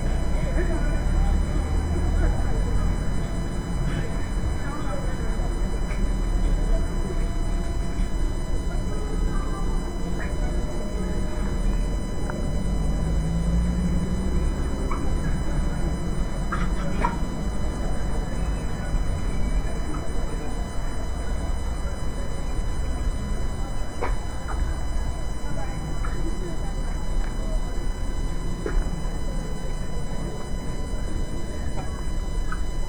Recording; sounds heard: poultry house recording; healthy chickens